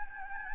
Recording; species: mosquito wingbeat signal from an infrared sensor; Anopheles gambiae